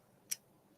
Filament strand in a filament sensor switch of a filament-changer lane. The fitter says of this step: with the gear, and I'm listening for that click now.